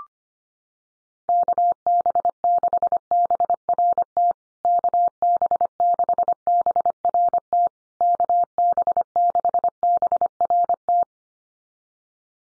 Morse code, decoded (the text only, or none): KB6BRT KB6BRT KB6BRT